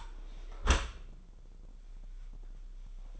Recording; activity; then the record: daily activity, microphone in the room; close dishwasher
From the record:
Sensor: 5